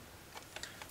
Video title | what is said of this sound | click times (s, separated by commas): the care and feeding of your old Hasselblad 500 C/M medium format film camera | all the way in till it clicks | 0.6 s